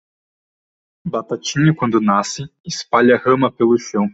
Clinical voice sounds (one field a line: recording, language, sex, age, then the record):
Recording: short text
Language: Brazilian Portuguese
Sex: male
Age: 20 to 29 years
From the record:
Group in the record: control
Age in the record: 21 years